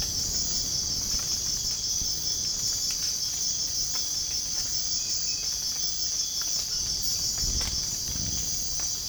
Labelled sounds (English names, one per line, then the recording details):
none
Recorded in dense forest near Puerto Asís, Putumayo, Colombia, on 25 June 2025 at 05:00
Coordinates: 0.481, -76.323
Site G072